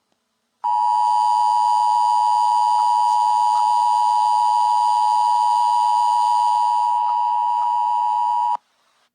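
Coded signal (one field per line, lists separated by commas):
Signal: Emergency Alert System (SAME) tones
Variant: 853 and 960 Hz attention tone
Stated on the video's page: Fictional EAS scenario alert.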